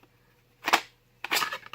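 A knife blade is popped out of its kydex sheath (TOPS Cockpit Commander or Wild Pig Hunter) past only the first of two retention detents. A broadband scraping burst comes at about 0.7 s, then a sharp click at 1.3 s followed by a short rattle. The knife is still retained in the sheath, hanging on by a thread.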